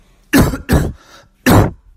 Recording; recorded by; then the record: voluntary cough; messaging app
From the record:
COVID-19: negative